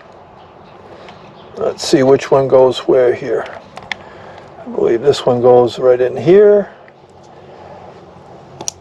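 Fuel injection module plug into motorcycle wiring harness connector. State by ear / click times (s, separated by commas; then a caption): seated / 8.7 s. Someone talks while pushing the wiring connector of a plug-in V-Twin Boost Performance fuel injection module into the mating wiring harness connector on a Moto Guzzi V85 TT motorcycle. A sharp click at 8.7 s confirms the connector has seated.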